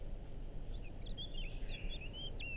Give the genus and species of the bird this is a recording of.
Sylvia atricapilla